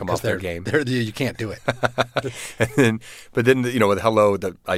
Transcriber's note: soundbite of laughter